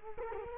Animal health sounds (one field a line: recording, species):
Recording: mosquito wingbeat signal from an infrared sensor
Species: Culex quinquefasciatus